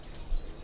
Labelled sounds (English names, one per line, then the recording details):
Stitchbird song
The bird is a male
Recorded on Tiritiri Matangi Island, New Zealand, in 2005
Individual 5, of nest box 6